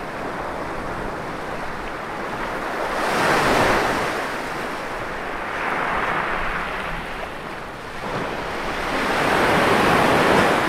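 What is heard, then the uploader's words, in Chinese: Ocean waves wash in a steady, dense roar, with swells rising around three seconds, again near six, and building toward the end around nine to eleven seconds. The sound is full, with a soft hiss on top and a low rumble underneath, and some wind. 舒服到让人想原地睡觉的海浪声。周末专门跑到海边录的。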